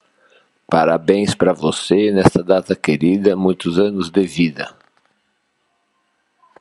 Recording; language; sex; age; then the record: short text; Brazilian Portuguese; male; 50 to 59 years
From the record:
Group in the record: control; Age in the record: 57 years